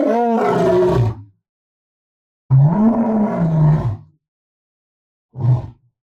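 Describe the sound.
Lion roaring in deep, gruff bursts: a long rumbling roar, a second drawn-out roar after a pause, then a short grunt.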